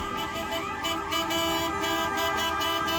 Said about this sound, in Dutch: Vanochtend reden ze in een optocht toeterend bij het bedrijf langs.